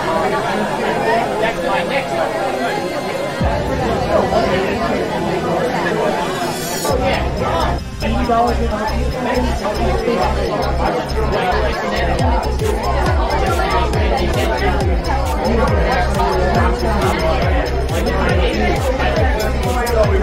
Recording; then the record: background sound without coughing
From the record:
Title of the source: Nightlife Party Simulating Party Club Noise 1 Hour